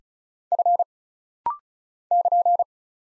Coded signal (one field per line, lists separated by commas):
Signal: Morse code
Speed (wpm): 35 wpm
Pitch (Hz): 700 Hz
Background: none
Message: F <KN>